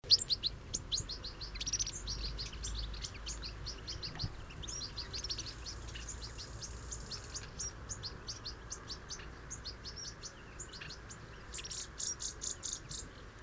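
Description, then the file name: European goldfinch calls: dense, rapid high twittering and tinkling chirps running almost continuously, with a faint low background rumble. "Carduelis carduelis"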